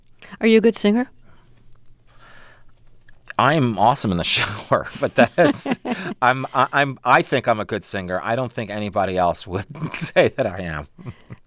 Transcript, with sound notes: Are you a good singer?
I am awesome in the shower.
(Laughter).
But that's - I think I'm a good singer. I don't think anybody else would say that I am